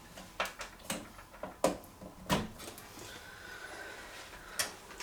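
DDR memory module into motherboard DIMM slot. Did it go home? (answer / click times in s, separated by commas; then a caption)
yes / 1.6 s. The first RGB DDR memory stick is lined up with the notch and gently pressed down into a motherboard DIMM slot, with light handling taps and clicks around it. A sharp latch click at 1.7 s marks the stick locking into the slot, seated and installed.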